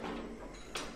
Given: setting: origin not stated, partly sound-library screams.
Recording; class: one-second piece from a danger detection set; normal situation